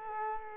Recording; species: mosquito wingbeat signal from an infrared sensor; Culex quinquefasciatus